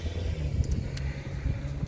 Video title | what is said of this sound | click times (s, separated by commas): 2014 Subaru Legacy Rear Brake Pad and Rotor Replacement. Brake repair near Erlanger Kentucky | Snap into place, like | 0.6 s, 0.7 s